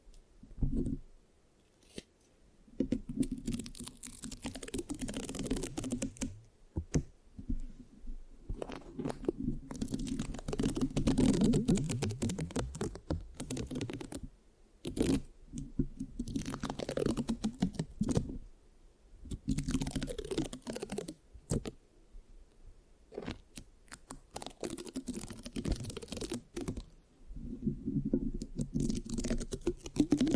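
Scratching on a microphone, with sticky, tacky sounds, runs in dense bursts that stop and start every second or two. Short silent gaps break up the rustling. Low rubbing thuds sit under sharper crackles and peel-like clicks, with no speech.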